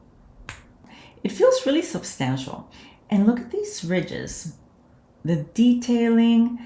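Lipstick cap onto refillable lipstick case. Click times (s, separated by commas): 0.5 s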